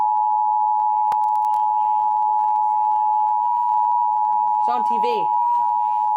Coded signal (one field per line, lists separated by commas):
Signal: Emergency Alert System (SAME) tones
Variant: 853 and 960 Hz attention tone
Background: speech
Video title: (Reupload) Tornado Warning on NOAA WX Radio and TV EAS#595